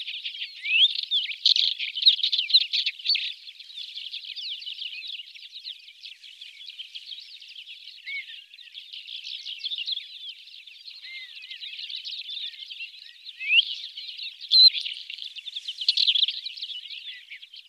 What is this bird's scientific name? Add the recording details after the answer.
Oenanthe isabellina. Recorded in the wild. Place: Taukumwüste, KZ. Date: 2000-05-18. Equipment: MiniDisc Sharp MT 20 H. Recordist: Schwarz, Dieter